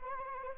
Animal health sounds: mosquito wingbeat signal from an infrared sensor; Anopheles arabiensis

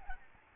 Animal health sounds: mosquito wingbeat signal from an infrared sensor; Aedes albopictus

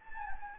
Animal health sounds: mosquito wingbeat signal from an infrared sensor; Anopheles gambiae

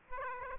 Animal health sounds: mosquito wingbeat signal from an infrared sensor; Aedes aegypti

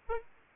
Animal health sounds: mosquito wingbeat signal from an infrared sensor; Aedes aegypti

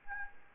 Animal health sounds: mosquito wingbeat signal from an infrared sensor; Anopheles arabiensis

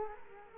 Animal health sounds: mosquito wingbeat signal from an infrared sensor; Culex quinquefasciatus

